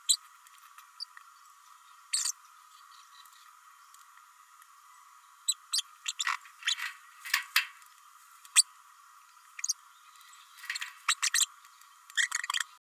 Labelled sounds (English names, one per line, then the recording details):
Green-rumped Parrotlet babbling
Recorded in a nest box in Venezuela
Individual 18B104A3